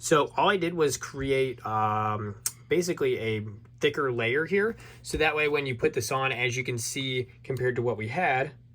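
A SureFire X300U-A weapon light, its battery door built up with a thicker shim layer to stop wiggle and rattle, is handled at a pistol's accessory rail, where its quick-detach clamp is meant to snap on. Someone talks throughout, over a low steady hum. The clip ends before the light goes home, so nothing has seated or clicked yet.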